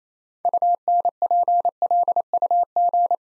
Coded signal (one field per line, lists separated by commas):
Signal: Morse code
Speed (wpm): 28 wpm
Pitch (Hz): 700 Hz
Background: none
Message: UNPLUG